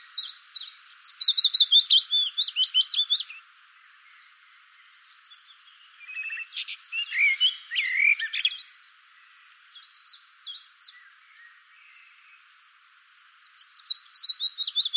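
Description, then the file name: Common blackbird song in several bursts: a rapid high twittering run, a fuller warbled phrase midway, scattered chirps, then another quick twitter series at the close. "Turdus merula"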